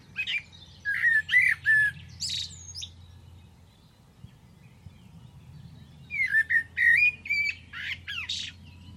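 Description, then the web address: Bird calls: two bursts of rapid whistled, slurred notes with a few harsh squawky sounds between them, over a steady low hum. "Deverinetal. Bird Only"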